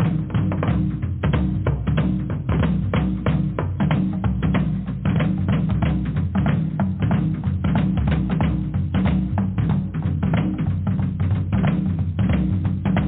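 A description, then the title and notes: Drumming goes on without pause, a dense stream of rapid hits that barely leaves gaps between strokes. The sound sits heavy and low, with a deep booming body and only a dull top, and the pace and loudness stay even for the whole stretch. DRUMMING.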